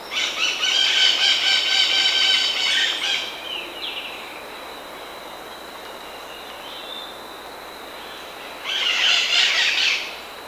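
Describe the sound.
Bird giving two long, rasping, buzzy bursts of calling, the first about three seconds long, separated by a steady high whine and background hiss.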